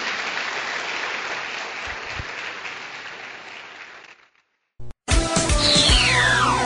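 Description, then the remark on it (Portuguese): An audience applauds God loudly in a dense, steady wash of applause that tapers off after about four seconds, followed by a short silence and then bright music starting up. “Vamos aplaudir o nosso Deus bem forte.”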